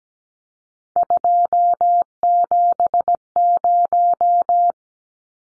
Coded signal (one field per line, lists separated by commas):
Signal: Morse code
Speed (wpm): 17 wpm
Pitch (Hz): 700 Hz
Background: none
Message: 270